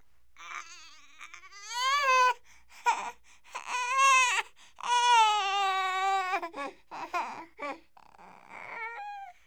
Crying Baby Light Short.